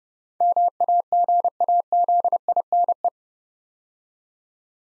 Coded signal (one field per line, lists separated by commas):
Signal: Morse code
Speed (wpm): 28 wpm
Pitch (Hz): 700 Hz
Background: none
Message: MAGAZINE